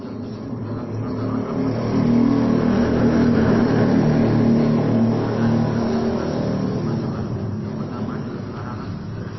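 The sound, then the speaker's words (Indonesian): A motorcycle engine drones loudly and steadily, its low harmonic rumble swelling and rising in pitch around the middle before easing off slightly toward the end. “Soalnya kalah dengan suara motor.”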